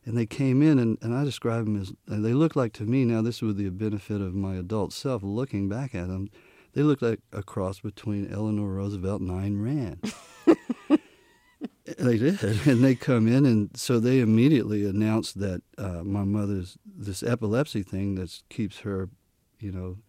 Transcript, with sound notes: And they came in, and I describe them as - and they look like, to me - now this would be the benefit of my adult self looking back at them - they looked like a cross between Eleanor Roosevelt and Ayn Rand. (Soundbite of laughter) They did. And they come in, and so they immediately announced that my mother's - this epilepsy thing that keeps her, you know,